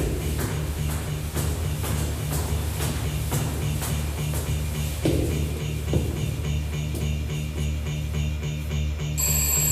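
A doorbell rings with a rapid, evenly spaced metallic rattle that carries on for several seconds over a steady low hum, with no voices.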